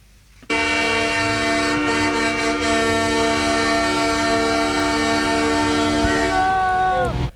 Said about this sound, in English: Now, that's the sound from the streets of the Canadian capital, Ottawa, and people have now been ordered to stop honking their horns, those taking part in these huge protests which have been blocking streets around the city.